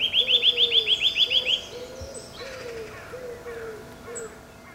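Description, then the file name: Eurasian nuthatch giving a fast run of about a dozen clear, whistled notes in one burst, with a lower repeated hooting sound running underneath throughout. "Sitta europaea"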